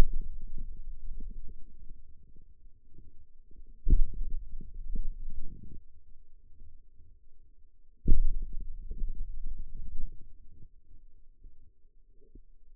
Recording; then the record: forearm muscle sounds (acoustic myography)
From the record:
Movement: pen grasping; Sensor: system 2, bracelet of six BSWA MPA416 microphones around the upper forearm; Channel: 2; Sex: male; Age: 22 years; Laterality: right